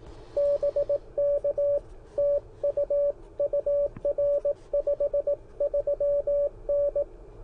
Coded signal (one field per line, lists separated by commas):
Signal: Morse code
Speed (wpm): 18 wpm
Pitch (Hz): 570 Hz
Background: radio noise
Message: BK TU UR 53N